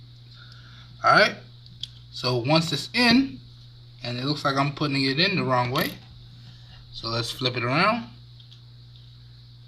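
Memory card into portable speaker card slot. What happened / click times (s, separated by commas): The small card was handled and lined up with no seating click / none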